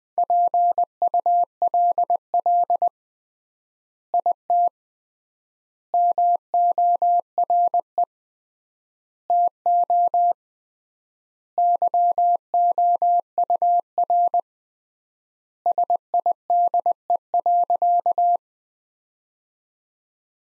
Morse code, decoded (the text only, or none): PULL IT MORE TO YOUR SIDE.